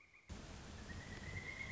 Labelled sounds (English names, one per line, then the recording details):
Pileated Woodpecker
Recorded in Sonoma County, California